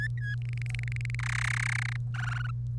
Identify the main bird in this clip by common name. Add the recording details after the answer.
Domestic Canary. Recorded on 1 May 2018 at 07:19. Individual llb3